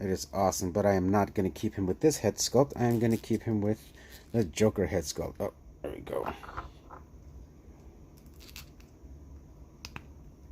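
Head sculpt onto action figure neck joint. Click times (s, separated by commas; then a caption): 9.8 s, 10.0 s. Someone talks for about the first seven seconds, then a plastic head sculpt is pressed back onto the dumbbell neck joint of a McFarlane Jack Napier Joker action figure from the Batman White Knight series, with faint handling noises around 8.3 to 8.8 s. The head snaps home with sharp clicks at 9.9 s and 10.0 s and is seated.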